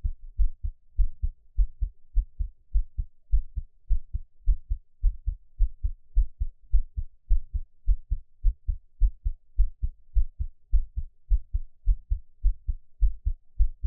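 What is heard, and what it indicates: A steady run of low, muffled double thumps, lub-dub pairs repeating regularly at about 105 beats a minute. It is an adult's own heartbeat recorded close up for ASMR, with no talking and only a faint low hum behind it; best heard on headphones.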